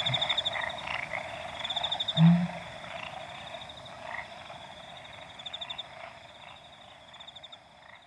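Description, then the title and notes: Pel's fishing owl giving a single deep, low hoot just past two seconds, over a steady chorus of pulsing frogs and a high trill. Calling at dawn, 4:01 AM, 15 August 2015, Okavango Panhandle, waking the recordist; very low call; Sound Devices 702 recorder with Sennheiser 418 stereo shotgun microphone. "Pel's Fishing Owl At Dawn. August 15 2015, 4:01 AM. Okavango Panhandle. Brian House. Okavango Wilderness Project"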